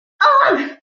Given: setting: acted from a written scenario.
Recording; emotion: vocal sound without words; embarrassment